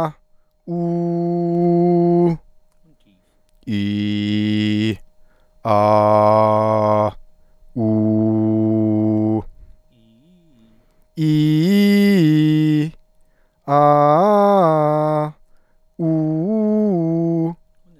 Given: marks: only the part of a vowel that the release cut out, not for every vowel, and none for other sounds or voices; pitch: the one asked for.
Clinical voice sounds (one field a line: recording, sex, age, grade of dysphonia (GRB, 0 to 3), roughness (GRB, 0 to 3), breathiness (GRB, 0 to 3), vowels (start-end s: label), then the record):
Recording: sustained vowels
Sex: male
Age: 30 to 39 years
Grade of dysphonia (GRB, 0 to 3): 0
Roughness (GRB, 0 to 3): 0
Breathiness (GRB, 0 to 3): 0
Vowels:
0.78-2.23 s: vowel /u/, high pitch
3.78-4.83 s: vowel /i/, low pitch
5.74-7.01 s: vowel /a/, low pitch
7.88-9.31 s: vowel /u/, low pitch
11.30-12.77 s: vowel /i/, low-high-low pitch
13.78-15.17 s: vowel /a/, low-high-low pitch
16.08-17.42 s: vowel /u/, low-high-low pitch
From the record:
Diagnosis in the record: healthy voice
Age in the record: 34 years